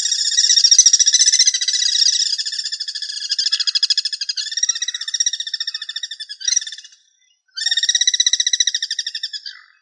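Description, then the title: Bird singing long fast trills in several connected phrases, the pulses changing speed, then a short silence before a final rolling trill; otherwise quiet. "LuckyPassaro Completos2Sama"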